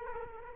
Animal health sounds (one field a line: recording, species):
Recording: mosquito wingbeat signal from an infrared sensor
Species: Culex quinquefasciatus